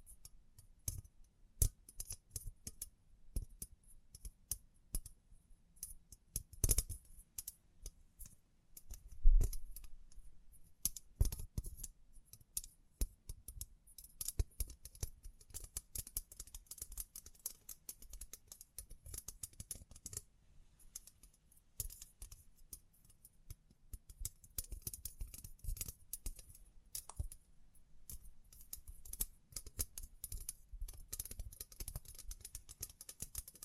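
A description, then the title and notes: Dense tapping and scratching with brushing and crinkly clicks, busy and irregular throughout, with a few sharper knocks near the start. ASMR 9 Triggers Assortment for Sleep Tapping, Scratching, Brushing, Crinkles(No Talking).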